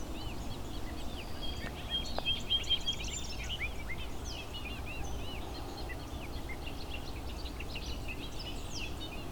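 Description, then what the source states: Bobolink song, a long jumble of rapid, bubbling, metallic notes pouring on almost without pause over a low background rumble. Male singing while flying; several bobolinks present in the area; song likened to a skipping CD.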